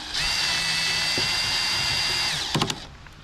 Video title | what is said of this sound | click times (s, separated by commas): Installing and Configuring the Lowrance Active Imaging 3-in-1 HD Fish Reveal Transducer/S3100 Module | you can hear that click okay once it clicks one or two times I know I'm done okay | 2.5 s, 2.6 s, 2.7 s